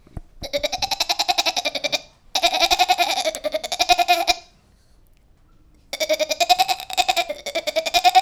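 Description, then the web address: Goat bleating in long quavering bleats, each a wavering tremulous note lasting about two seconds, with short pauses and a silent gap between. "goats chevre"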